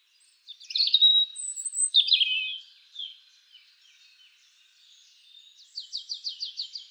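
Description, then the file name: European robin song: a bright, tumbling warble that fades into soft notes, then ends in a fast series of high, repeated ticking notes. "Erithacus rubecula"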